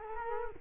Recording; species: mosquito wingbeat signal from an infrared sensor; Culex quinquefasciatus